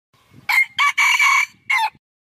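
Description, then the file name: Red junglefowl rooster crowing: two short opening notes, then a longer drawn-out syllable and a final clipped note, harsh and ringing. "tieng ga rung ga trong chuan"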